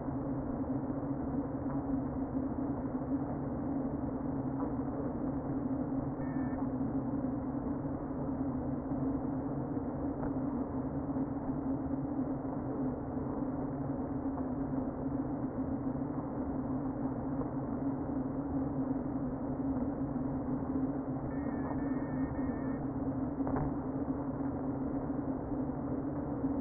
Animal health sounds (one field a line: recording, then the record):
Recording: honeybee colony, microphone inside the hive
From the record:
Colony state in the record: queen present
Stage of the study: before two queens were removed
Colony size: about 60,000 bees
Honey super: yes